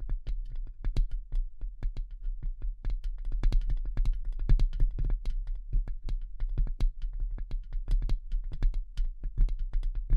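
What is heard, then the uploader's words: Delicate tapping in quick, uneven runs, with light clicks landing several times a second through the whole ten seconds. Each tap is short and crisp with a bright tick on top, over a constant low hum that never lets up. ASMR Delicate Tapping (No Talking).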